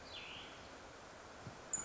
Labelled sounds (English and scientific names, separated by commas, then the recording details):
Cassin's Vireo (Vireo cassinii)
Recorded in Sonoma County, California